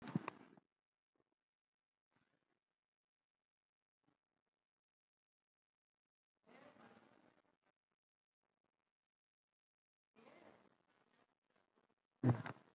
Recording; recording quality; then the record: deep breathing; poor, much background noise or distortion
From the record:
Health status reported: COVID-19 positive, mild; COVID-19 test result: positive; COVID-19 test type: RT-PCR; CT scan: taken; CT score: 5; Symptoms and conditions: cough, breathing difficulty, fever, another respiratory illness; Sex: male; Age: 56 years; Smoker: no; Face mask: not worn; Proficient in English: no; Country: India